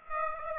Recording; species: mosquito wingbeat signal from an infrared sensor; Aedes aegypti